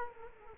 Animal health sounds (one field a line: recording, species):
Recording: mosquito wingbeat signal from an infrared sensor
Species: Culex quinquefasciatus